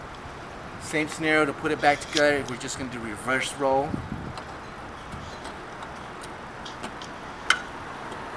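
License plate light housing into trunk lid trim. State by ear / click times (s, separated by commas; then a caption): seated / 7.5 s. During reassembly in reverse order while converting a 2005 Mercedes C240 license plate light to LED, someone talks, then the plastic license plate light housing is pressed into its opening in the trunk lid trim. A single sharp click at 7.5 s marks the housing snapping into place, seated.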